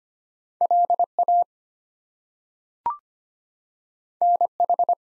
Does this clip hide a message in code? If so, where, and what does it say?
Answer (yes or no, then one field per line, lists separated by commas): yes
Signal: Morse code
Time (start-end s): 0.6-4.9 s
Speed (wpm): 25 wpm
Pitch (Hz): 700 Hz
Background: none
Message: LA NH